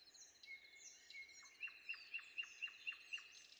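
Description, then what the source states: Common nightingale song: a long level whistle, then seven crisp, evenly spaced notes repeated about four per second. Sung before dawn.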